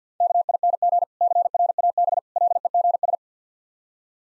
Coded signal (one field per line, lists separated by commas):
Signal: Morse code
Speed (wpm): 50 wpm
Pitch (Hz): 700 Hz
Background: none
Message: KING CRAB LEGS